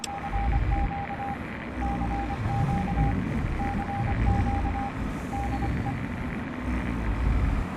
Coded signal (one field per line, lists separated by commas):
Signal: Morse code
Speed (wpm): 25 wpm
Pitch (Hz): 800 Hz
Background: none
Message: CQ CQ CQ DE